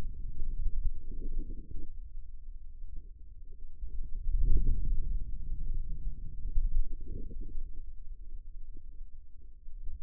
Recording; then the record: forearm muscle sounds (acoustic myography)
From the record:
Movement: ulnar deviation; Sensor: system 2, bracelet of six BSWA MPA416 microphones around the upper forearm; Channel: 6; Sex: female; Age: 25 years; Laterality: right